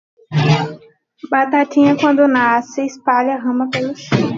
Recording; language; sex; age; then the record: short text; Brazilian Portuguese; female; 18 to 19 years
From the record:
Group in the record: control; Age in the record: 19 years